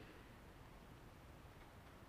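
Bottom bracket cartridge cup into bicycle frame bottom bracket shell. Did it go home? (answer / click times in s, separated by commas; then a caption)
no / none. A greased square taper bottom bracket cartridge cup is tightened into a bicycle frame's threaded bottom bracket shell with a bottom bracket tool and wrench. Only steady broadband noise with faint low rustling is heard. Nothing has seated or clicked yet.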